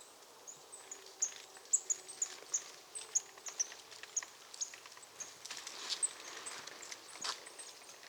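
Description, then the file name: Marsh tit giving a series of very high, short, thin notes over background noise. "Poecile palustris"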